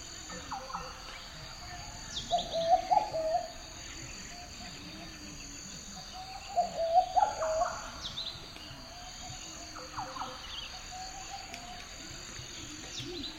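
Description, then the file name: Bird calls come as two brief bursts of soft, wavering mid-pitched notes a few seconds apart, against a faint steady background hiss. Bird fluttering in a forest. "Bird Flutter in the Forrest"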